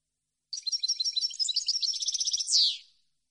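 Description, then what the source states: European goldfinch song, a rapid liquid twittering run of high tinkling notes lasting over two seconds, ending in a brief buzzy slurred note. Clean song on CD, for birds to copy as song training.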